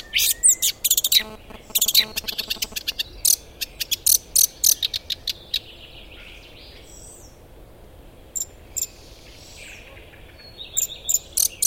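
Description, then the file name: Eurasian blackcap with dense bursts of hard ticking calls early on, then sparser clicks. "Sylvia atricapilla"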